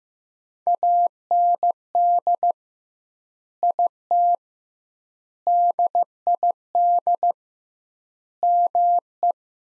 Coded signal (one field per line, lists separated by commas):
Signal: Morse code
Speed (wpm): 15 wpm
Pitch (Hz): 700 Hz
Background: none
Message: AND IT DID ME